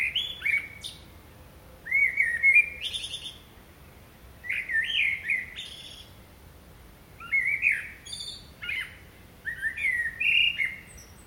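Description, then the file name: Common blackbird singing a string of warbled fluty phrases with high chattering flourishes, separated by short pauses. "Turdus merula"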